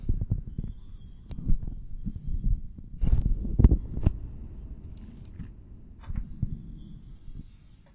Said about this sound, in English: It's my tank drum.